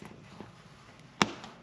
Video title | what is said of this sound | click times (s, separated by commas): Building the K6ARK Single lever key | so let me see if I can just press down on this hard and get it to snap into place | 1.2 s